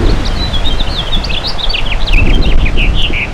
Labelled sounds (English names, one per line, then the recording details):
House Finch song
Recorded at Bridgehampton on Long Island, New York, on 22 June 2013
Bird G